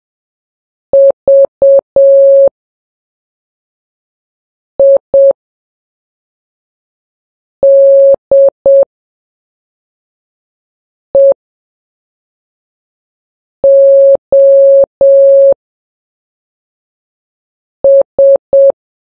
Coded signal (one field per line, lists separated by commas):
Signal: Morse code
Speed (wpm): 7 wpm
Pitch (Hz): 550 Hz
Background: none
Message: VIDEOS